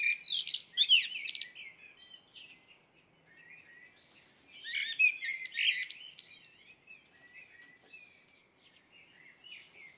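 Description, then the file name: Common blackbird song, two bursts of varied warbling and squeaky twittering phrases near the start and middle, with quieter notes between. "Merel"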